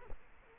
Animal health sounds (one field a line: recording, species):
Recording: mosquito wingbeat signal from an infrared sensor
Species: Culex quinquefasciatus